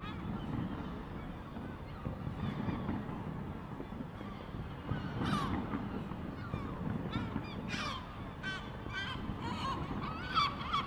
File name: le 10 juin 2016 seagulls frightened of fireworks